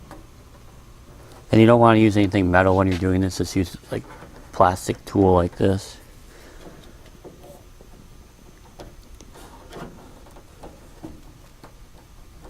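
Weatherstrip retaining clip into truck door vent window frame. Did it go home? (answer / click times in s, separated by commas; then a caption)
no / none. Someone talks while plastic retaining clips on a vent window weatherstrip (Precision VWK 1110 kit for a 1955-1959 Chevy & GMC full size truck) are handled with a plastic tool, ready to be pressed into the metal door frame. Speech fills roughly 1.5 to 6 seconds, followed by quiet background with only faint light ticks and rustles. Nothing has seated or clicked yet.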